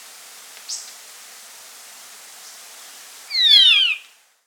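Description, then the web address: Band-tailed manakin call: a faint high note early, then a loud burst of several descending, overlapping whistled strokes near the end. South America. "S America Band-tailed Manakin (Pipra"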